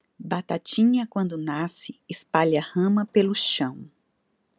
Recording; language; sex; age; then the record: short text; Brazilian Portuguese; female; 40 to 49 years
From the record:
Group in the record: control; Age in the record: 40 years